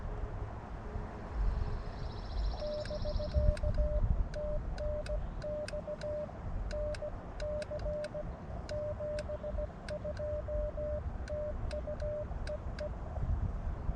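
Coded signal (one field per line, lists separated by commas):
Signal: Morse code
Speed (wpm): 17 wpm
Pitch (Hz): 600 Hz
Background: none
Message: <BK> TNX NC 72 TU EE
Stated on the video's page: CW Parks on the Air activation using an Elecraft KX2.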